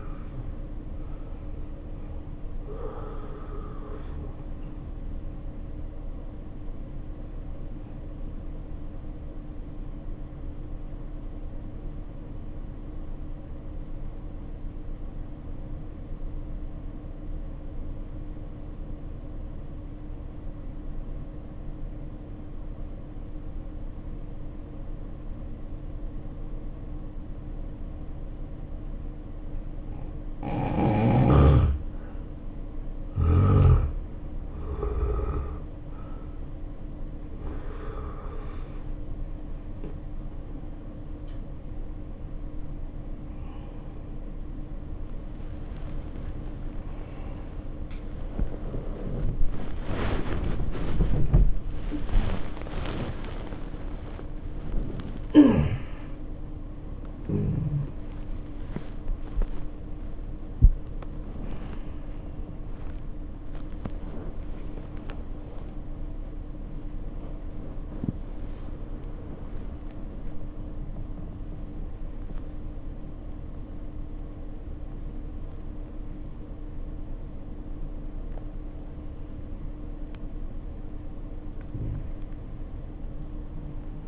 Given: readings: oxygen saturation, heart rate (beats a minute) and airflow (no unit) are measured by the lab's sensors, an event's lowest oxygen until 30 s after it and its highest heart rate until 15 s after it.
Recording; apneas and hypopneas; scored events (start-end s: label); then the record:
a person awake in a sleep study, by a smartphone at the bedside; 1
13.00-31.90 s: obstructive apnea (N1, oxygen 93% highest, then 78% lowest, heart rate 54 at the start, 77 highest)
22.00-82.00 s: new sleep stage, awake
30.00-83.00 s: awake
82.00-84.07 s: new sleep stage, N1 (lightest sleep)
From the record:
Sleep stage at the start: N1 (lightest sleep); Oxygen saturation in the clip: 78 to 96%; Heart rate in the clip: 54 to 88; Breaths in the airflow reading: 15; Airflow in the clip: -6.8 to 13.9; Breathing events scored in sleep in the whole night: 520 in 7.2 hours asleep